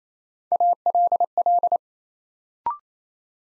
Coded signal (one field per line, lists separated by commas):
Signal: Morse code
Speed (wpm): 28 wpm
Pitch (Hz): 700 Hz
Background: none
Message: ALL